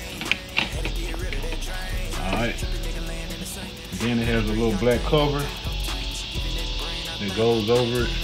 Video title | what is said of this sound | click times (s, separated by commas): Messing with the door panel on 🌶Cayenne🌶 | got a Mickey make sure you hear them click all right and | 0.3 s, 0.6 s